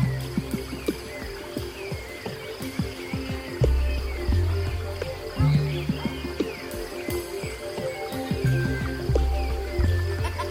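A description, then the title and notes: Zen music of low, sustained drone notes that shift pitch every few seconds, layered with scattered clicks, soft crackles and faint chirping nature sounds. Nature Sounds, Zen Music.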